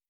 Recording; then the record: hydrophone in a shrimp aquaculture tank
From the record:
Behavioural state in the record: stressed